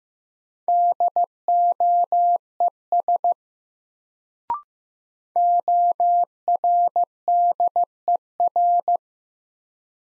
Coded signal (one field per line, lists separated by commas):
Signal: Morse code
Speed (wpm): 15 wpm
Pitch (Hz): 700 Hz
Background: none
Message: DOES ORDER